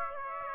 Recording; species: mosquito wingbeat signal from an infrared sensor; Aedes aegypti